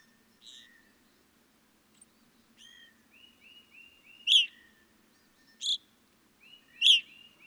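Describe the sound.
Evening grosbeak calls: soft short whistles, then three loud harsh chirps over about three seconds, with a faint low background hum.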